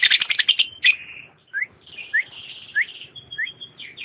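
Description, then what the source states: Lovebird song: dense burst of shrill chatter, followed by a string of short upslurred squeaky notes. Champion lovebird song.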